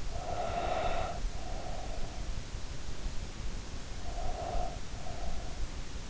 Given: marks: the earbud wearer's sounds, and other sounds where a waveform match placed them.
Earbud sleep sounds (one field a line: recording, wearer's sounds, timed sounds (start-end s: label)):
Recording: sounds in sleep by an in-ear microphone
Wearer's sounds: breath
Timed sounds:
0.00-2.20 s: breath
3.84-5.56 s: breath